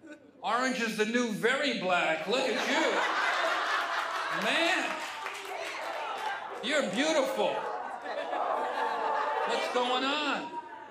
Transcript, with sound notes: Orange is the new very black. Look at you.
(LAUGHTER)
Man, you're beautiful. What's going on?